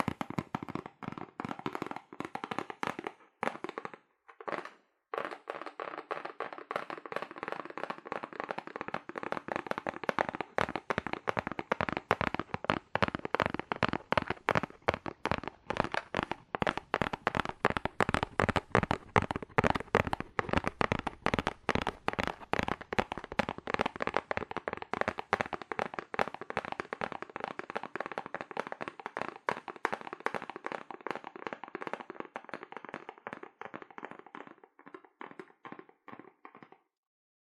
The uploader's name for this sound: ASMR Fast Aggressive Cardboard Tapping